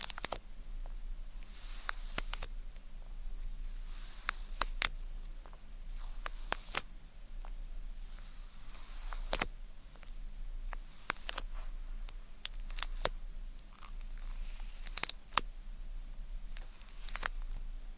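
Ear cleaning with tweezers: sharp little clicks and sticky snaps land irregularly throughout, a few every second. Soft, bright hissing washes swell and fade every couple of seconds, and a low steady hum sits underneath the whole time.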